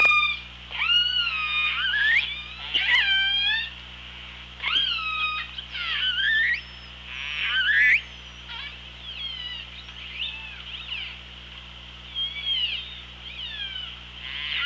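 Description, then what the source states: Killer whale calls in a busy series, many short rising and falling harmonic squeals following one another, some overlapping, over a steady underwater hiss. Recorded on the OrcaLab hydrophone, 24 August 2017 at 07:44:09.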